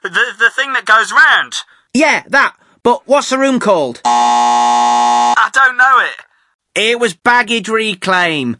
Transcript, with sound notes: the thing that goes round.
Yeah, that, but what’s the room called?
{buzzer sounds} I don’t know it.
It was baggage reclaim.